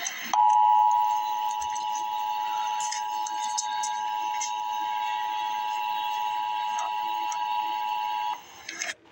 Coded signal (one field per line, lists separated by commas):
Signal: Emergency Alert System (SAME) tones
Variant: 853 and 960 Hz attention tone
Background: speech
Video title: EAS Update - Dense Fog Advisory - This morning on Jan 25, 2024